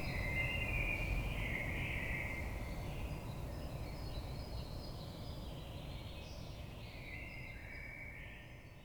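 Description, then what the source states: Common blackbird singing fluted warbles early and again near the close, over low background rumble that fades slightly, plus faint thin high notes. Recorded on 22 May 2022.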